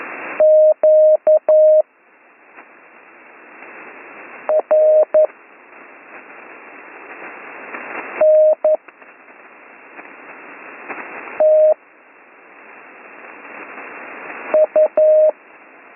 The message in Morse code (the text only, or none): QRNTU